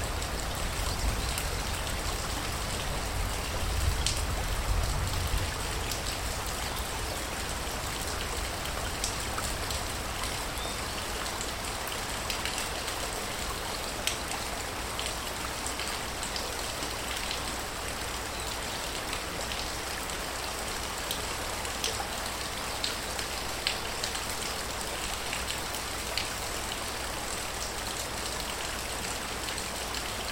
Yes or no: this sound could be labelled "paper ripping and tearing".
no